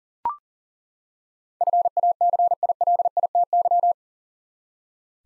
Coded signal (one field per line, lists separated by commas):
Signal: Morse code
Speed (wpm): 37 wpm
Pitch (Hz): 700 Hz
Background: none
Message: FACILITY